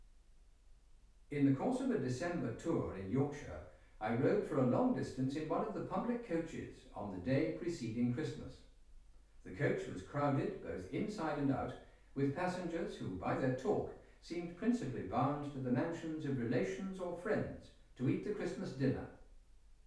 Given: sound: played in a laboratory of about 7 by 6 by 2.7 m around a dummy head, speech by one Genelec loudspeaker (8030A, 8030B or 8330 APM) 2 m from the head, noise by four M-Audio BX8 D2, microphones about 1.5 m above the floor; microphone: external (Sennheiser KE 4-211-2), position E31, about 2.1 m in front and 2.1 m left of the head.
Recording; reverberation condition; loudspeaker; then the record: male speech in English; medium; 60 degrees to the right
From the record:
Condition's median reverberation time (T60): about 510 ms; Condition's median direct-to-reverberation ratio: about -0.5 dB